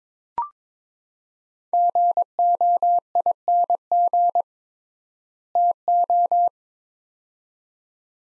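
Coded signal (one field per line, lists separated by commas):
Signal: Morse code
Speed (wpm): 22 wpm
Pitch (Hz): 700 Hz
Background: none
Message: GOING TO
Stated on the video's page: Morse word-pair copying practice at 22 wpm with triple word spacing, Farnsworth-like method; each set sent, spoken, then resent.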